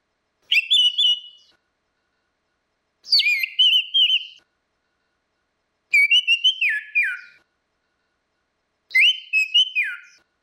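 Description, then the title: Orange-headed thrush song: four short whistled phrases, repeated about every three seconds with clean silence between. "Burung Anis Merah"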